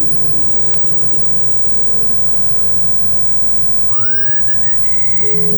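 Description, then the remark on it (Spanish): A short radio separator made of steady, rumbling engine-like noise, with a bright whistle sliding upward near the end and holding a high note. No one speaks. “porque vamos por un separador y vamos con el tráfico de tentaciones”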